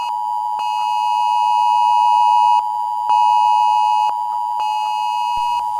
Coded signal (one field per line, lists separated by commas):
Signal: Emergency Alert System (SAME) tones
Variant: 853 and 960 Hz attention tone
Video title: An EAS SCENARIO: Last Days With Hybrids II